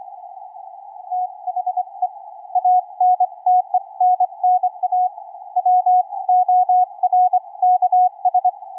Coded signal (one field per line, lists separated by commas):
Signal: Morse code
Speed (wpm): 23 wpm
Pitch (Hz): 730 Hz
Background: none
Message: THE ANTENNA WORKS